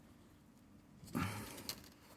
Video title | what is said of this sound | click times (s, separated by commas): Démontage air bag rideau côté gauche megane 2 phase 2 | se clipse comme ça | 1.7 s